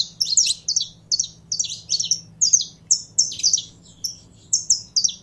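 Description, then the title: Canary song of bright high chirps in short clusters, each group of two or three notes separated by brief pauses. Song of a purebred Belgian canary. "Canto Do Canário Belga Puro"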